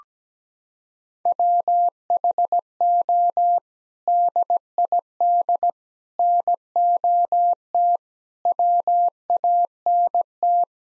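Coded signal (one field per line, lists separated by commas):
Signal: Morse code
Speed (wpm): 17 wpm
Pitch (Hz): 700 Hz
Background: none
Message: WHO DID NOT WANT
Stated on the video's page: Morse practice sending sets of 8 common English words at 17 wpm for head-copy, each set sent twice.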